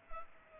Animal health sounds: mosquito wingbeat signal from an infrared sensor; Culex pipiens

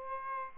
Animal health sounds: mosquito wingbeat signal from an infrared sensor; Aedes albopictus

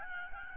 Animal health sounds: mosquito wingbeat signal from an infrared sensor; Aedes albopictus

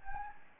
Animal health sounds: mosquito wingbeat signal from an infrared sensor; Anopheles gambiae

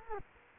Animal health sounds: mosquito wingbeat signal from an infrared sensor; Culex quinquefasciatus

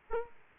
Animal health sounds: mosquito wingbeat signal from an infrared sensor; Aedes aegypti

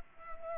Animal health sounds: mosquito wingbeat signal from an infrared sensor; Culex pipiens

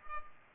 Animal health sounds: mosquito wingbeat signal from an infrared sensor; Culex pipiens

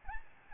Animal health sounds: mosquito wingbeat signal from an infrared sensor; Aedes albopictus

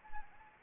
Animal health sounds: mosquito wingbeat signal from an infrared sensor; Anopheles gambiae

